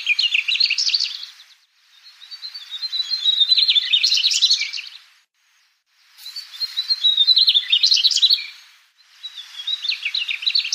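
Bird giving long bursts of scratchy, twittering warble, each lasting about two to three seconds and separated by short silences.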